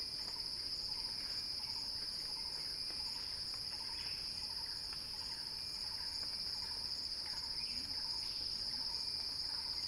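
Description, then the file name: Cicada song forms a dense, level, high-pitched whine, joined by faint repeated soft notes lower down. Cicada song building as a crescendo. "earth-fm Axel-Drioli Cicada-Crescendo-Sounding-Wild"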